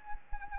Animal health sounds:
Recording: mosquito wingbeat signal from an infrared sensor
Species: Anopheles arabiensis

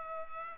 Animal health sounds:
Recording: mosquito wingbeat signal from an infrared sensor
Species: Culex pipiens

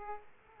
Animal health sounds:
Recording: mosquito wingbeat signal from an infrared sensor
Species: Aedes aegypti

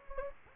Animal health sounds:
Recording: mosquito wingbeat signal from an infrared sensor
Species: Anopheles gambiae

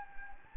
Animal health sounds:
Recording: mosquito wingbeat signal from an infrared sensor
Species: Anopheles gambiae

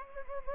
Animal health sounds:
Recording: mosquito wingbeat signal from an infrared sensor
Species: Anopheles gambiae

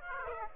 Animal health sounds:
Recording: mosquito wingbeat signal from an infrared sensor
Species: Aedes aegypti

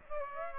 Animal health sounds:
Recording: mosquito wingbeat signal from an infrared sensor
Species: Aedes aegypti

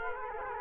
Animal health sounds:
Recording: mosquito wingbeat signal from an infrared sensor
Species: Culex quinquefasciatus

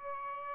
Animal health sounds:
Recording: mosquito wingbeat signal from an infrared sensor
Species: Aedes albopictus

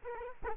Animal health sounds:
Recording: mosquito wingbeat signal from an infrared sensor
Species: Culex quinquefasciatus

